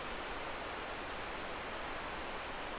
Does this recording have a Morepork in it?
no